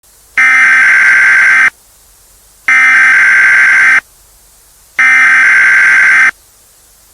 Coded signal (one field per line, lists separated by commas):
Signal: Emergency Alert System (SAME) tones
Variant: header bursts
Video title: EAS.avi